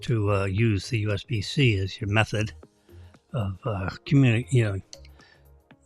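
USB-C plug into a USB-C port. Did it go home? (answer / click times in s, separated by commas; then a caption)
yes / 5.7 s. Someone talks, then a USB-C plug is inserted into a USB-C port and clicks in at 5.7 s, seating firmly as a sturdy plug. A small tick is heard just before, at 5.1 s.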